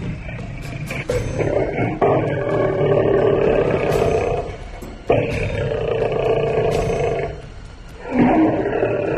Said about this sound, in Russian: Так огрызался он сам, когда вторгался в угодья соседа и слышал, как тот с яростным ревом мчится ему навстречу, чтобы изгнать соперника обратно.